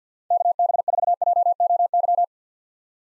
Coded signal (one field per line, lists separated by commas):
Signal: Morse code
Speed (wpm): 50 wpm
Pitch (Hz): 700 Hz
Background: none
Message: KB4JOY